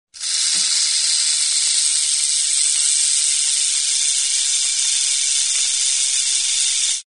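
Rattlesnake rattle, a continuous dry high-pitched buzz held steadily for about seven seconds without a break.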